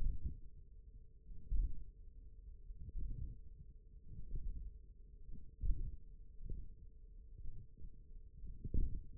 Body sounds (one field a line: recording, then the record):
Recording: forearm muscle sounds (acoustic myography)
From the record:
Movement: radial deviation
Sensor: system 1, eight BSWA MPA416 microphones around the upper forearm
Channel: 2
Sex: male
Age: 20 years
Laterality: left